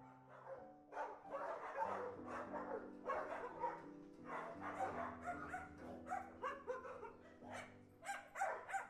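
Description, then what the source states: Dog barking repeatedly in a busy run of sharp barks, with a low background hum. Recorded inside a dog boarding house.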